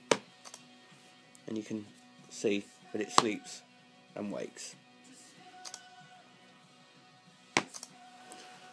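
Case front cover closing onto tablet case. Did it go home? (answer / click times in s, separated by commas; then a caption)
yes / 0.1 s. The front cover of a Snugg iPad 3 tablet case is closed over the iPad and shuts with a sharp click at 0.1 s, having settled in after the third or fourth close; the tablet then sleeps and wakes. Someone talks throughout, and another sharp snap is heard near 7.6 s.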